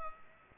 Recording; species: mosquito wingbeat signal from an infrared sensor; Culex pipiens